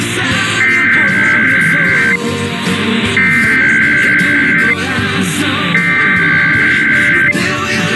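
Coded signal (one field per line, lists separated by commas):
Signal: Emergency Alert System (SAME) tones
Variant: header bursts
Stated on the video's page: IPAWS Central, Mountain and Pacific weekly tests and Sacramento monthly test recorded off air.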